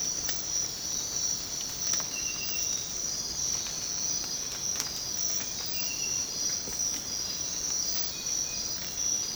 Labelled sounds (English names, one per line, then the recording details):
none
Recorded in secondary vegetation near Puerto Asís, Putumayo, Colombia, on 19 March 2025 at 05:00
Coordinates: 0.484, -76.319
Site G010